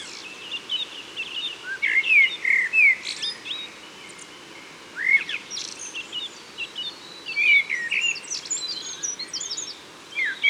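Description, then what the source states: Common blackbird song, fluty warbled phrases with squeaky high twitters, broken by short pauses. Recorded in Isère, France.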